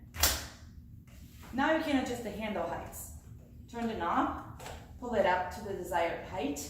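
A Comodita Tipo Classic rolling walker's seat is pushed down after the latch holding it is opened and the feet are spread apart, and the metal frame at the seat's folding joint clicks into its locked open position at 0.2 s. Someone then talks over the rest of the clip.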